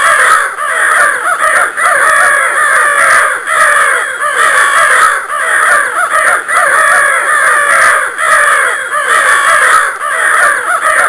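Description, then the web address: Bird calls: a continuous chorus of loud, harsh cawing notes, overlapping and repeating throughout with brief dips between rounds. "Soundsation Animals Birds"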